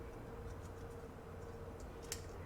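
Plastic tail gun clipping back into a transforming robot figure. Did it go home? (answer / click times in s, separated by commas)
no / none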